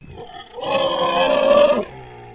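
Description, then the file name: Landrace pig giving one loud, harsh, harmonic-rich screech lasting over a second, preceded by soft low grunting. "PIG LANDRACE EDGAR"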